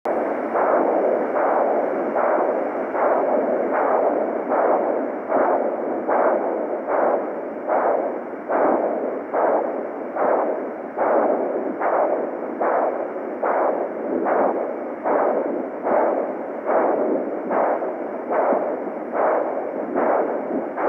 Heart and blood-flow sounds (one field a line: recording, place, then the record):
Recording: Doppler ultrasound of blood flow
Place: carotid artery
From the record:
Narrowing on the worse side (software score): occlusion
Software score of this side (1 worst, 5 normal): 1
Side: left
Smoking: never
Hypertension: yes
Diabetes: type 1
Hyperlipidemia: yes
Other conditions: systemic lupus erythematosus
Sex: female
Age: 54 years